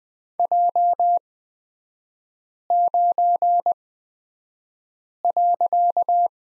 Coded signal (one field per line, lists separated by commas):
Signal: Morse code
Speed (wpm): 20 wpm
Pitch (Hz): 700 Hz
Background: none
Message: J9.